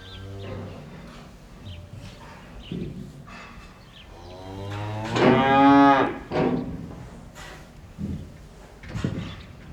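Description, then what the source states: Cattle mooing: a long, loud harmonic moo near the middle, with shorter quieter lows before and after, plus occasional knocks. Inside a cow barn.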